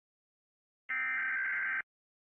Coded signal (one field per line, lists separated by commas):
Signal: Emergency Alert System (SAME) tones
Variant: header bursts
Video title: cute rates eas alarms part 2